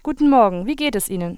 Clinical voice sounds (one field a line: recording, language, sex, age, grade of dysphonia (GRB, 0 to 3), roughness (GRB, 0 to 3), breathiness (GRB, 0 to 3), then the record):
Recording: spoken sentence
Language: German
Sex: female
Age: 20 to 29 years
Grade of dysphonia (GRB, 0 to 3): 0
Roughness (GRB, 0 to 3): 0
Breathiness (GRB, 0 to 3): 0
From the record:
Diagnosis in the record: healthy voice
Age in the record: 21 years